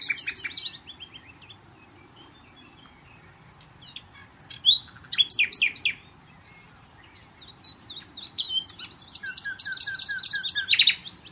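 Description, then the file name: Common nightingale song in varied phrases: fast repeated chirps, a pause, loud sharp notes, another pause, then rapid clicking trills and whistles. "Luscinia megarhynchos"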